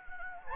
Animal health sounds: mosquito wingbeat signal from an infrared sensor; Anopheles gambiae

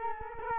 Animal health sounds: mosquito wingbeat signal from an infrared sensor; Culex quinquefasciatus

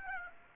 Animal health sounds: mosquito wingbeat signal from an infrared sensor; Aedes aegypti

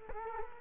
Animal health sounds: mosquito wingbeat signal from an infrared sensor; Culex quinquefasciatus

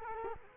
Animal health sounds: mosquito wingbeat signal from an infrared sensor; Culex quinquefasciatus

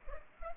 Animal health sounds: mosquito wingbeat signal from an infrared sensor; Culex pipiens

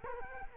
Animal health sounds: mosquito wingbeat signal from an infrared sensor; Culex quinquefasciatus

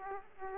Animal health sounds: mosquito wingbeat signal from an infrared sensor; Aedes aegypti

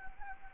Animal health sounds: mosquito wingbeat signal from an infrared sensor; Anopheles gambiae

